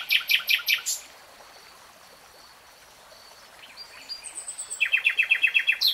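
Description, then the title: Nightingale song: a quick run of repeated notes, a quiet pause with faint high whistles, then another fast, even trill. Singing, in a 3-hour real-time recording. "[Tiếng chim hót] Nightingale Singing"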